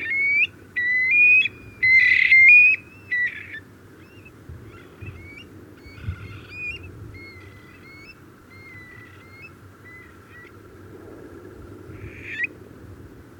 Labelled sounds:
Eurasian Stone-curlew call
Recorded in the wild
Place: Istria, Dobrogea, RO
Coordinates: 44.57, 28.712
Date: 1976-06-03
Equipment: Nagra III BH, Sennheiser MD 21, parabola
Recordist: Schubert, Michael
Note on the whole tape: Triel, verschiedene Rufe von 2 Explemplaren (viel Wind!)

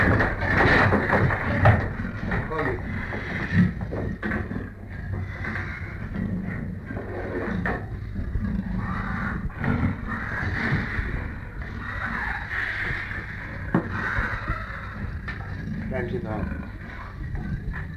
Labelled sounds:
Leopard
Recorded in captivity
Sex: pair
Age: adult
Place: Tierpark Berlin, Berlin, DE
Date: 1959-09-01
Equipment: Smaragd
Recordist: TSA

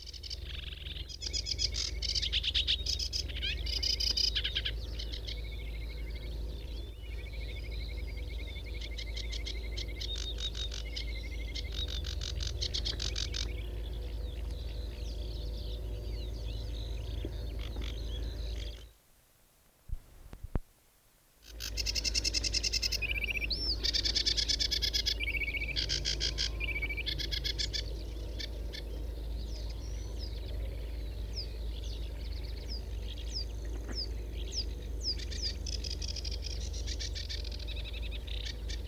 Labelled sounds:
Sedge Warbler song
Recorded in the wild
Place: Rietzer See, Brandenburg, DE
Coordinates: 52.37, 12.65
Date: 1968-06-16
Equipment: NAGRA III BH, Sennheiser MD21 mit Reflektor (d=75 cm, Glasfiber) und Stativ
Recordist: Schubert, Michael
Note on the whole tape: Schilfrohrsänger imitiert Seggenrohrsänger

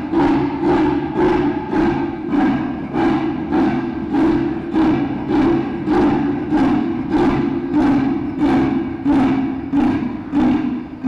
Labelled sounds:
Leopard call
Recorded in captivity
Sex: female
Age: adult
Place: Tierpark Berlin, Berlin, DE
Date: 1965-01-31 13:00
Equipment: Telefunken Magnetophon 300, Sennheiser MD 421, Transistorverstärker 2
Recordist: Tembrock, Günter

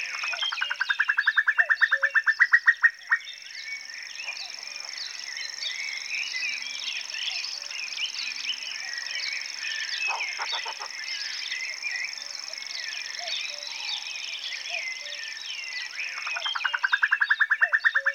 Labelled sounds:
Common Cuckoo song
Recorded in the wild
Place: Flögelner See, Schleswig-Holstein, DE
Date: 1985-05-17
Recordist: Schwarz, Dieter

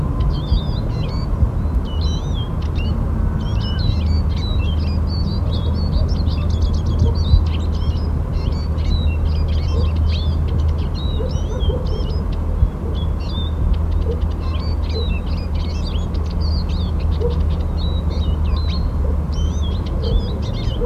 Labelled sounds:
Eurasian Siskin
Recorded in the wild
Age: adult
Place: Mirnock, Kärnten, AT
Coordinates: 46.758, 13.714
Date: 1967-03-12
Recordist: Brunner, Thomas
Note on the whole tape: Aufnahme: Mirnock, Müllner Gatter, Kärnten

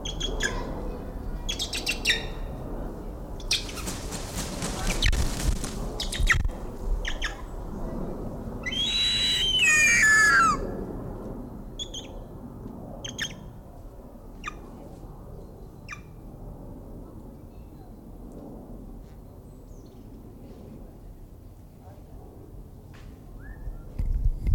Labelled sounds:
Harpy Eagle
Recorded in captivity
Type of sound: call, screech
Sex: female
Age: adult
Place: Tiergarten Nürnberg, Bayern, DE
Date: 1995-09-07 18:01
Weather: bedeckt, 23°C
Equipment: Nagra SN, Sennheiser ME 80, Kopie Uher 4000 Report Monitor
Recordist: Tembrock, Günter
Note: Weibchen: Lautfolge mit Fleisch aufbaumend

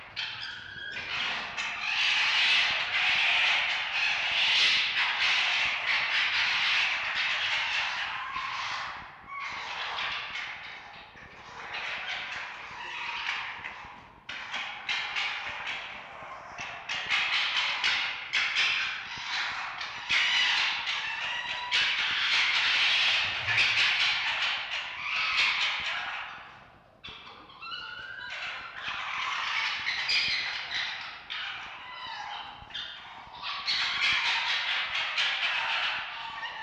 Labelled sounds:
Red Fox
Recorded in captivity
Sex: group
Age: adult
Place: Zoologisches Institut der HUB, Berlin, DE
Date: 1952-03-21 19:45
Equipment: Elmetra
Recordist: Tembrock, Günter

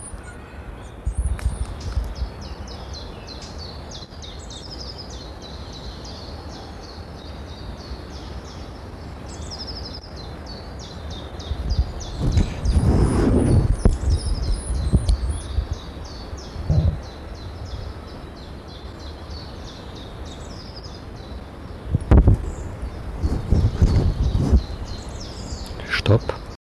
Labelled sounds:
Eurasian Blackcap
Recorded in the wild
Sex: male
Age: adult
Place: Malchower Aue, Berlin, DE
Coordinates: 52.5808, 13.4886
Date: 1990-04-15
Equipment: Riporter 6 RG-K, Halbspur, Sennheiser MKH 416 T
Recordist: Frommolt, Karl-Heinz

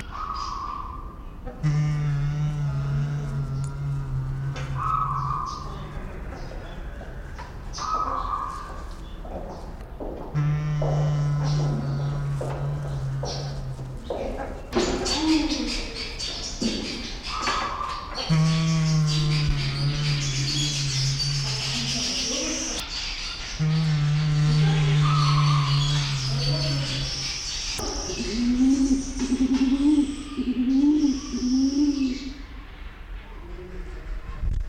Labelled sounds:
Victoria Crowned Pigeon call
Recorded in captivity
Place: Zoo Berlin, Berlin, DE
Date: 1992-07-25 10:55
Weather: sonnig (heiter - schwül), 23-26 °C
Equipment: Marantz CP 430, Sennheiser ME 80, Kopie Tesla B 116
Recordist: Tembrock, Günter

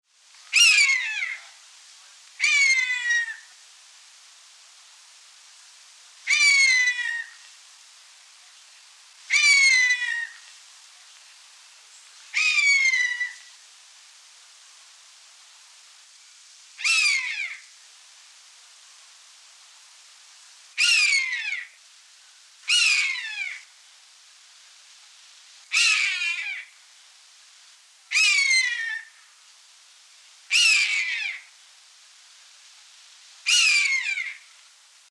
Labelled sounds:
Ferruginous Hawk
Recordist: Tembrock, Günter
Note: Rufe

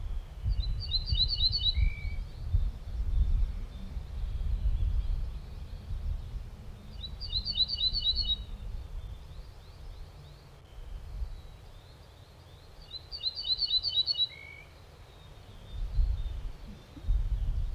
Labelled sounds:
Ortolan Bunting
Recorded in the wild
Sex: pair
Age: adult
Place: Schloß Holte-Stukenbrock, Senne, Nordrhein-Westfalen, DE
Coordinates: 51.865, 8.66917
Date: 1972-05-21
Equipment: Uher 4200 Report Stereo, Bändchenmikro Beyer M 260, Parabolspiegel Polyester (600 mm)
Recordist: Conrads, Klaus

